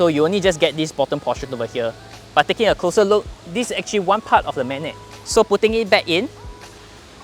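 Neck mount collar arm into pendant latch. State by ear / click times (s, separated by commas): not seated / none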